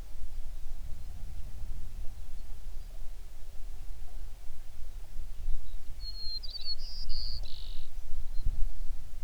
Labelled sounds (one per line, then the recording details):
songbird
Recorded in the Prudhoe Bay oil fields, Alaska, on 11 June 2019 at 05:11
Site 21